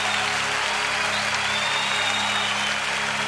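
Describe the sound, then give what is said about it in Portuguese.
Sustained, dense applause from a large audience, many hands clapping at once in a steady, loud wash of noise with no pauses, accompanied by a low continuous hum. “De uma poderosa salva de palmas.”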